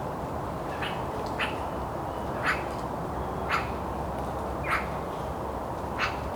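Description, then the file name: Eurasian magpie calling with short, harsh, scratchy notes spaced roughly one second apart, fairly soft against constant background hiss. "Pica pica"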